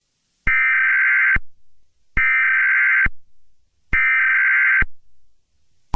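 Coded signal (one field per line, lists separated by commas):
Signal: Emergency Alert System (SAME) tones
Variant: header bursts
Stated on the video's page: Simulated EAS scenario made as a science class project.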